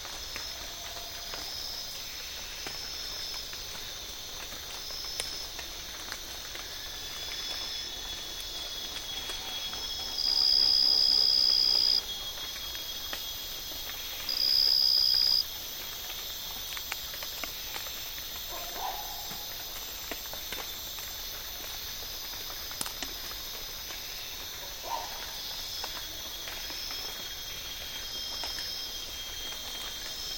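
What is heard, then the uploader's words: A dense, steady insect chorus fills a humid rainforest, a bright shrill whine that pulses gently throughout. Two louder, piercing buzzes stand out near ten and fifteen seconds, while faint, short calls from birds surface now and then beneath. Borneo Rainforest - Humid Afternoon - Hornbill And Barbet. Humid late afternoon at Tawau Hills national park in Borneo. Hornbill and barbet calls punctuate the continuous insect chorus. Recorded with Sony PCM A10 and Lom MikroUsi mics.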